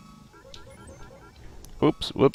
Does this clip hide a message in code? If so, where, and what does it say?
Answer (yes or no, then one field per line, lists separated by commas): no